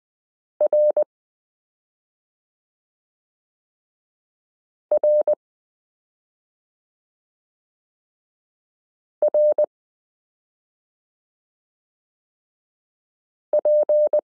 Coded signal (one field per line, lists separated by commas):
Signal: Morse code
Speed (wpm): 20 wpm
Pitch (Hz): 600 Hz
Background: none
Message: RRRP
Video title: Morse Code Listening Lesson 8 - m k r s u a p t l